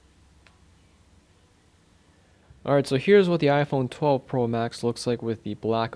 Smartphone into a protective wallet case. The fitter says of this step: volume button side first, seems to be the easiest way usually, and it should just pop into place.